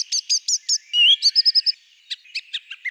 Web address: Turdus philomelos